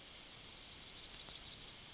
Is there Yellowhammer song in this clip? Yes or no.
yes